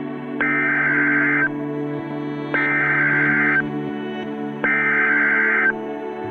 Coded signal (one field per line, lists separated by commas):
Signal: Emergency Alert System (SAME) tones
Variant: header bursts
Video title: Ham on the Road: Smoky Mountain Road Trip, Part3 - TORNADO OUTBREAK! Goodbye and God Bless, Friends.